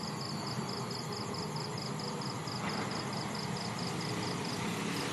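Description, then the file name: Cricket gives a fast, regular high-pitched pulsing trill over steady low rumbling machinery noise. Night insects and crickets in Vietnam at night, with distant construction noise. "industrial construction distant digger exhaust bangs occ vehicle pass night insects crickets vietnam"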